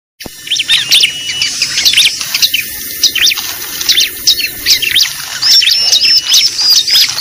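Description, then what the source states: Bar-winged prinia calling after a short silent start, a run of high, sharp, squeaky chirps in irregular bursts over a constant hissy background. Lure call used for trapping (pikat).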